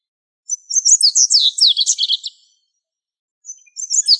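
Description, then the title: Bird chirping: a quick, high-pitched burst of sharp twittering notes for about two seconds, a pause, then another brief twittering burst begins. "LuckyPassaros CompletosSama"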